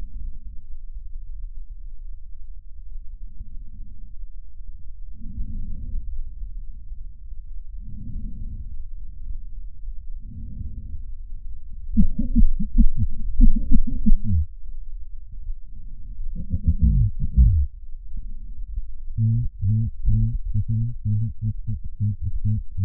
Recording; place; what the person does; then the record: lung sounds by stethoscope; left posterior basal chest; quiet breathing, then cough and speech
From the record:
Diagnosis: none (healthy); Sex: male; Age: 45 years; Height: 173 cm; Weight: 92 kg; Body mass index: 30.7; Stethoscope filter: bell mode